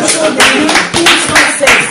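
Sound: audience applause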